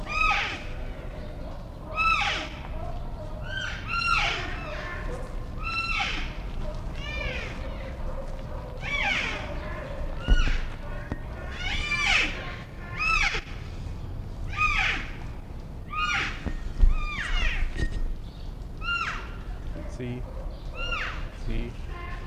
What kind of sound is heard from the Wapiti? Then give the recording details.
call. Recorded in captivity. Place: Zoo Berlin, Berlin, DE. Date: 1959-07-04 16:00. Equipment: Reporter (Vollspur). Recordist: Tembrock, Günter